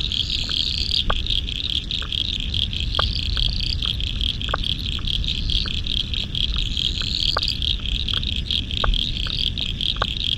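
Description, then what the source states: Frog chorus of sharp clicks at irregular intervals, under a continuous shrill trill with occasional rising whistles, over a steady low roar. Spring frog chorus at dusk beside the South Pacific Ocean, Royal National Park, Australia, November 2015.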